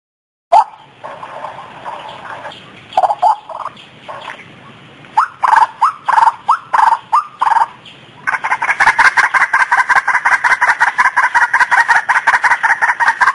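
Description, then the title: White-breasted waterhen calls: a few separate harsh notes, then a quick burst of loud croaking notes, and finally a fast, steady, rapid series of strident calls. Female. "Master Burung Jos. Suara Burung Ruak Ruak (suara betina)"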